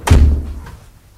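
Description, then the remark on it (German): A door swings shut with one loud, heavy thud that booms low and fades over about half a second, followed by a faint latch click. No one speaks. “Hier durch die Tür.”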